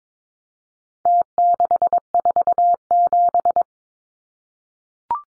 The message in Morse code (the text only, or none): T647